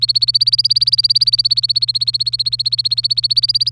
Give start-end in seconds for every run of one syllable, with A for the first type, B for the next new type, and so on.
0.00-3.72 A